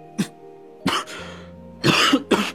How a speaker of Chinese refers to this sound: 他忽然狠狠地哆嗦了一下，接着像是被海风呛住了，一手捂住嘴咳嗽了起来。